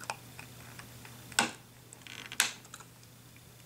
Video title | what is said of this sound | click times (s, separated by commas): Arc Discbound Planner upgrading discs adding inserts | you'll see you click right in | 1.4 s, 2.4 s